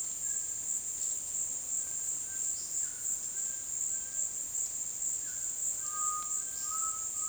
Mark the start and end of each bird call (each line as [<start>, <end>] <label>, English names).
[0.25, 7.28] White-throated Toucan
[5.89, 7.28] Undulated Tinamou